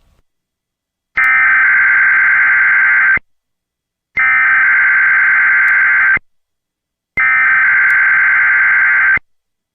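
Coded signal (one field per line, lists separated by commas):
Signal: Emergency Alert System (SAME) tones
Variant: header bursts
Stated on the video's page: Archived EAS required monthly tests relayed via WILL-AM Urbana, one partially muted.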